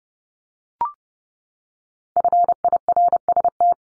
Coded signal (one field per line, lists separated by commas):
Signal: Morse code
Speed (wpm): 30 wpm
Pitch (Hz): 700 Hz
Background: none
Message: FIRST